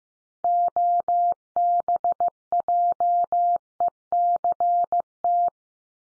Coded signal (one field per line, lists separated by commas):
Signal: Morse code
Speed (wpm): 15 wpm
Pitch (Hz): 700 Hz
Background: none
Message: OBJECT